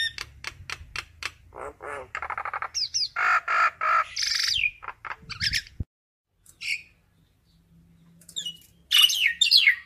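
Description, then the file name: Common myna chatter: quick clicking ticks, then mixed harsh buzzes and squeaky whistles, a pause, and a final burst of scratchy notes. Calls given to gather the flock. "Tieng sao nau goi bay"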